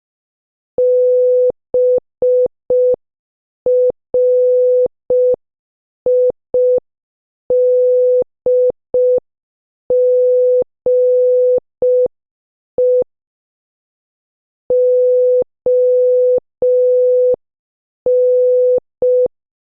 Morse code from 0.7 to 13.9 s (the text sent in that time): BRIDGE